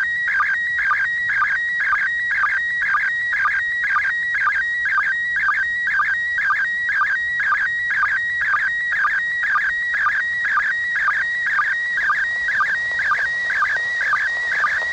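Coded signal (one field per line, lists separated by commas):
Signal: SSTV (slow-scan television)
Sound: warbling, chirping tone around 2 kHz with a regular click-like dip twice a second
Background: faint radio hiss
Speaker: i'm now going to turn up the volume so an app running on my phone called robot 36 can listen to the audio and decode the image if you installed robot 36 on your phone you can play back this video and decode the image too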